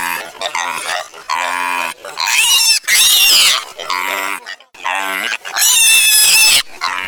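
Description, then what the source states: Piglet squeals, high and strained, in long wavering cries with pitch bends, repeated with short pauses between them. Baby piglet.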